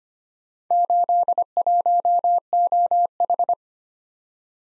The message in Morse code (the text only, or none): 81OH